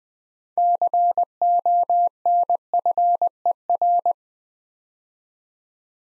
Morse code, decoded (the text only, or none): CONFER